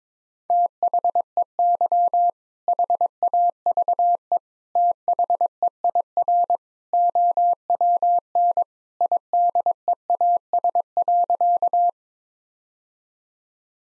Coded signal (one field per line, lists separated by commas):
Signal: Morse code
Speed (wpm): 22 wpm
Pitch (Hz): 700 Hz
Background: none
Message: THEY HAVE THEIR OWN IDEAS.